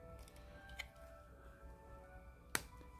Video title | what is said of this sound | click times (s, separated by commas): LEGO Legend of Zelda- Part 1 | Ooh, nice click. | 2.6 s